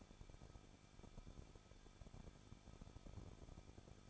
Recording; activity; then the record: daily activity, microphone in the room; no activity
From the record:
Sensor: 5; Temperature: 20.8 degrees Celsius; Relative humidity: 38.4%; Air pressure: 1006.5 hPa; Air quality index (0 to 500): 189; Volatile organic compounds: 19 ppm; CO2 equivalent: 2667 ppm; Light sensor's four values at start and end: 2/3/1/1 and 2/3/1/1